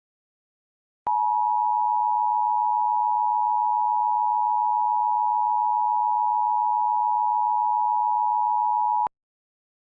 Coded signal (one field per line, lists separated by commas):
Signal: Emergency Alert System (SAME) tones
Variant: 853 and 960 Hz attention tone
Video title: EAS Scenario: Cartoon Cat